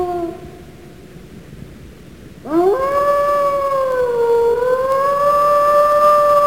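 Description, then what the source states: Wolf howl beginning after a quiet pause, sweeping up sharply, then held as a long clear tone that dips gently and rises again. At night.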